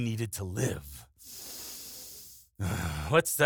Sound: deep breath